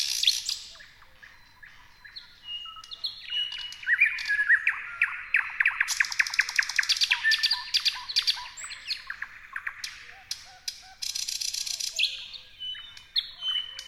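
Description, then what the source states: Thrush nightingale song mixing loud clicking series, harsh buzzy rattles and high whistles in a busy, layered song. Several thrush nightingales singing together.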